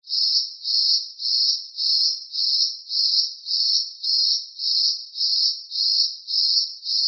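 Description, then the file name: Cricket chirps in a regular series of shrill, buzzy pulses, each about half a second long, continuing without pause. Cricket chirping in a forest. "zapsplat animals insects cricket forest"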